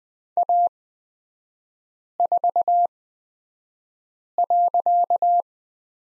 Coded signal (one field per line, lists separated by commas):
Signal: Morse code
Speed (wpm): 20 wpm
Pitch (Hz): 700 Hz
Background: none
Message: A4.